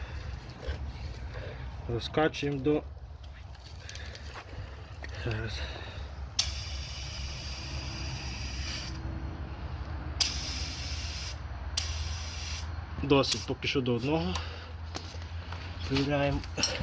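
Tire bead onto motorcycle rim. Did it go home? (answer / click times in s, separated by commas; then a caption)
yes / 6.4 s, 10.2 s, 11.8 s. The rubber bead of a tire on a Kovi Lite 250 motorcycle's 19-inch 1.6 rim with two rim locks, balanced using those rim locks, is inflated with hissing air while someone talks. Loud, sharp pops sound at 6.4, 10.2 and 11.8 seconds as the bead seats onto the metal rim. Inflation then stops, and the bead is checked and found seated, though one spot has not yet seated.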